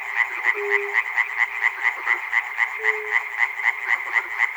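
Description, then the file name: Frogs calling in a dense chorus, rapid repeated croaks about four per second with a bright pulsing edge, plus occasional brief low tonal notes beneath. Frogs recorded at Chernobyl. "peter cusack-chernobyl frogs"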